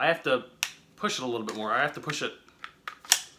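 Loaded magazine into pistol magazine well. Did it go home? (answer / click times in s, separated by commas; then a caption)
yes / 3.1 s. Someone talks while pushing a magazine, fully loaded with Critical Duty 9mm defensive ammunition, into the magazine well of a Glock 48 pistol; being fully loaded, it needs extra force to seat. Faint clicks sound at about 2.6 and 2.9 seconds before a harder push makes it latch with a loud, sharp click at 3.1 seconds, locking the magazine in.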